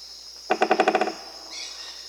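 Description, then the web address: Crimson-crested woodpecker giving a short, rapid series of several nasal notes, over a steady high insect hum. Recorded in Peru and Bolivia, Amazon region. "Natures Songs S America Birds of the Amazon 2. Crimson-crested Woodpecker (Campephilus melanoleucos), Peru, Bolivia"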